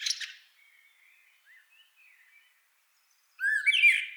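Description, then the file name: Common blackbird song: the squeaky end of one phrase, a quiet gap with faint bird notes, then the start of a new phrase. "Turdus merula"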